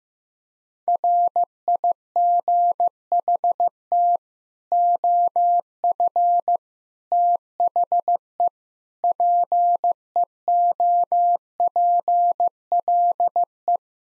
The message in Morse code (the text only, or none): RIGHT OF THE PEOPLE